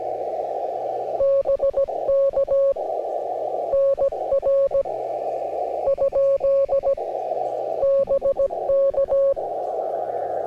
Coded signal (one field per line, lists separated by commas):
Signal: Morse code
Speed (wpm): 16 wpm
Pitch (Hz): 550 Hz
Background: radio noise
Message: BK NR ? BK